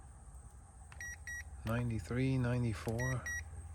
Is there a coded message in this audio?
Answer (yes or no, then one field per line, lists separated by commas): no